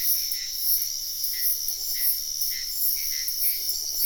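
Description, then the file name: Shrill insect chirps pulse rapidly and without a break, with faint low trills just audible underneath. Wetland at night in Sian Ka'an Biosphere Reserve, with frogs also in the recording. "felix blume nature ambience wetland night frogs insects bird heron type sian ka an biosphere reserve"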